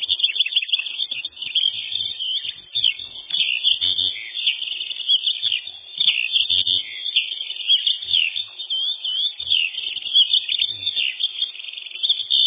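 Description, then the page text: Eurasian skylark song, a continuous rapid warble of trills and twitters with brief dips in loudness, sounding thin and muffled. Song described as a long, ringing trill. "Полевой жаворонок (Alauda arvensis LINNAEUS, 1758)"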